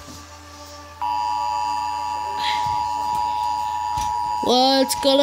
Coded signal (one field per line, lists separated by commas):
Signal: Emergency Alert System (SAME) tones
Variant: 853 and 960 Hz attention tone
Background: speech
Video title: Emergency alert system